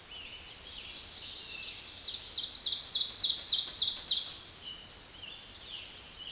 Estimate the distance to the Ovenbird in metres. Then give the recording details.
about 15 m. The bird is about 5 m above the microphone. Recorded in a Pennsylvania forest on 16 May 2024 at 06:30. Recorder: AudioMoth, point MSD-0475. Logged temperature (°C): 12.3 °C. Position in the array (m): 135 m, 5 m